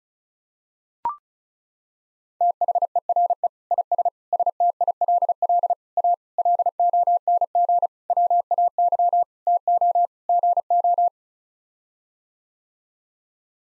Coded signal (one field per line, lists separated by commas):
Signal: Morse code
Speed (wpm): 34 wpm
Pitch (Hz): 700 Hz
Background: none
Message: THERE IS STILL A LONG WAY TO GO